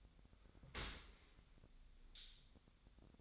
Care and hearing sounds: daily activity, microphone in the room; open dishwasher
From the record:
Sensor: 3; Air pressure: 1006.7 hPa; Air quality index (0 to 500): 208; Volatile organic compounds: 19 ppm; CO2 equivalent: 2650 ppm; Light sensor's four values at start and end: 10/25/10/10 and 10/25/10/10

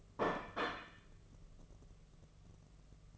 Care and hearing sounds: daily activity, microphone in the room; place plate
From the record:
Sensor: 4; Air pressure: 1016.0 hPa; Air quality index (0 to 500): 208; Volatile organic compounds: 13 ppm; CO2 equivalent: 2401 ppm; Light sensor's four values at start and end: 12/28/11/11 and 12/28/11/11

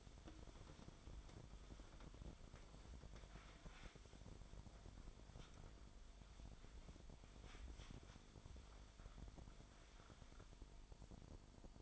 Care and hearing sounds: daily activity, microphone in the room; wipe stove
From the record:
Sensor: 5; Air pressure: 1003.4 hPa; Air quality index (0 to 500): 143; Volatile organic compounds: 2 ppm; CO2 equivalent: 1039 ppm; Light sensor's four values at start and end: 32/72/32/37 and 32/71/32/37

